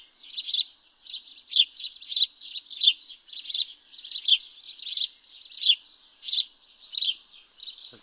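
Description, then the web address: House sparrow uttering a rapid chain of chirps, more than one per second. "pub SETE data Passer domesticus"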